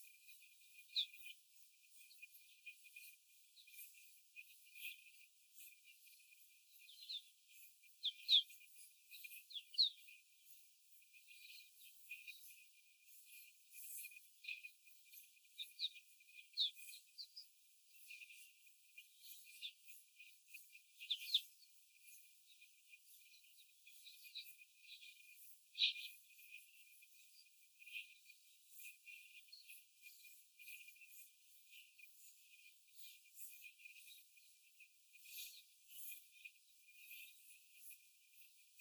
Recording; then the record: young laying hens in a cage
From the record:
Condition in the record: before the stressor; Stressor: simulated dog barking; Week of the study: 4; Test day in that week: 1